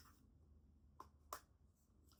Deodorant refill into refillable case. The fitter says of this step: Okay, it's just not quite clicked in place.